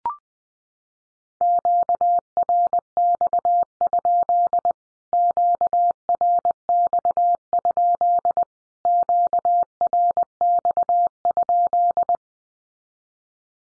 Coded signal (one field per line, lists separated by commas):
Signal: Morse code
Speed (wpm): 20 wpm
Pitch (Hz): 700 Hz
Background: none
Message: QRX? QRX? QRX?